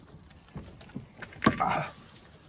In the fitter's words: got it so you heard it click